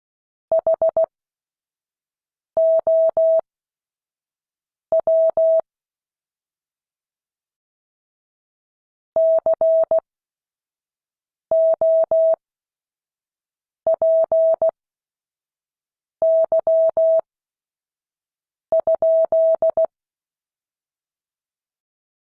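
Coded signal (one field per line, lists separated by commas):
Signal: Morse code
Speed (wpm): 16 wpm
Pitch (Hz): 650 Hz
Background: none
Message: HOW COPY?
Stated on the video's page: Morse code class.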